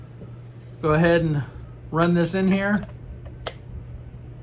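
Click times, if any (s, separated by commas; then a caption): 3.5 s. A fixed blade knife from Odenwolf is run into its sheath and snaps in, giving nice solid retention. Someone talks, then a single sharp click is heard at 3.5 seconds as the knife seats.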